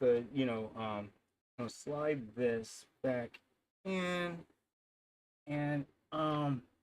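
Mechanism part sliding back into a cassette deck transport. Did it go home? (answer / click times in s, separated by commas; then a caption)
no / none. A mechanism part is slid back into the transport of a JVC TD-W354 double cassette deck during reassembly of a deck that was not playing tapes on either side. Someone talks throughout in short phrases separated by silences, with no distinct mechanical sounds standing out. The clip ends before the part clicks, and nothing has seated yet.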